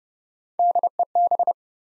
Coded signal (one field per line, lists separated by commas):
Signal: Morse code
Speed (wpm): 30 wpm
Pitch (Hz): 700 Hz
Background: none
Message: DEB